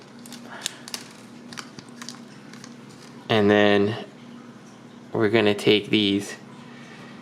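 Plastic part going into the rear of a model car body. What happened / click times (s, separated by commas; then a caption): Parts handled, nothing seated yet / none. A plastic part from an Eaglemoss Ecto-1 die-cast model car kit (issue 4, stage 8) is handled before going into the back of the model, with light ticks and crinkles between about 0.7 and 2.1 seconds. Someone talks around 3.3 to 4.0 seconds and again from 5.2 to 6.2 seconds. Nothing has seated or snapped into place yet.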